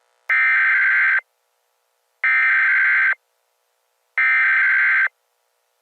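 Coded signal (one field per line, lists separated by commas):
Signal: Emergency Alert System (SAME) tones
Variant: header bursts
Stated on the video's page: Fictional EAS scenario based on a game, not a real alert.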